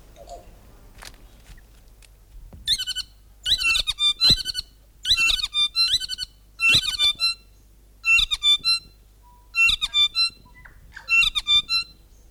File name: north island saddleback song